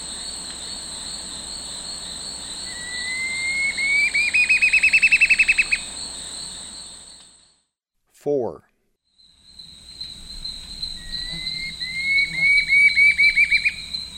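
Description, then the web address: Curve-billed scythebill song: two long bouts of rapid repeated notes that rise and then run on level, over a steady high insect drone, separated by a short break with a brief noise. Eastern lowlands of South America. "Natures Songs S America Eastern Lowlands. Curve-billed Scythebill"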